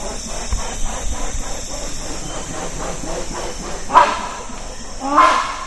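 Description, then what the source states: Rhinoceros hornbill sounds: a few seconds of rhythmic pulsing, then two loud, harsh honking calls near the end, over steady insect hiss. Wild hornbills in tropical rainforest, Danum Valley, Sabah, Malaysia; flew in with whistling wings, landed in a tree and began calling.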